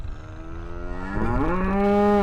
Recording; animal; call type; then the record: contact call of a hoofed animal; cattle; low-frequency (closed-mouth) or high-frequency (open-mouth) call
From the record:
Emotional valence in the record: negative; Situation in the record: full separation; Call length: 2.3 s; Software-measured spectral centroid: 1080 Hz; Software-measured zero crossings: 740 a second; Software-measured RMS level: -23 dBFS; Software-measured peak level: -14 dBFS